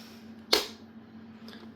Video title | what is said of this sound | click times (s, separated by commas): Mini Rotor Assembly | there we go now it's locked in place it's not going to move at all and this is set up ready to go | 0.5 s